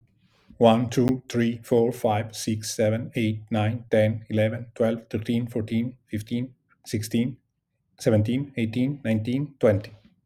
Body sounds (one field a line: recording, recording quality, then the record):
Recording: counting at a fast pace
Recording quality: excellent, no background noise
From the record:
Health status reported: exposed to COVID-19, no respiratory illness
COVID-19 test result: negative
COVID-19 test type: RT-PCR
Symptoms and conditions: fatigue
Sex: male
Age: 43 years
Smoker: no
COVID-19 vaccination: both doses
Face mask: not worn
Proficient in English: yes